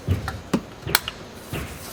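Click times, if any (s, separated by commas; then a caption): none. The second charge hose, on the other side of an HPF front-mount intercooler (FMIC) in a BMW 135i/335i/355i, is handled while being pushed toward its quick-disconnect coupler. Short taps and knocks sound at about 0.3, 0.5 and 1.1 seconds, with a sharper, louder tick at 1.0 seconds over low rustling. The clip ends before the hose goes home, so nothing has seated or clicked yet.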